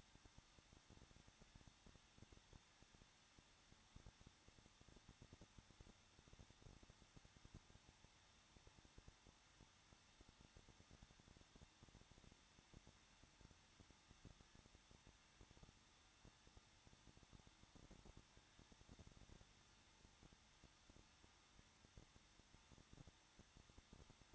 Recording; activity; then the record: daily activity, microphone in the room; no activity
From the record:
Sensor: 3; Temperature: 21.2 degrees Celsius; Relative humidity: 36.4%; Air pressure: 1006.3 hPa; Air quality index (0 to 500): 222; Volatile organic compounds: 42 ppm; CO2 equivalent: 3175 ppm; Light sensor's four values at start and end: 2/3/2/2 and 2/3/2/2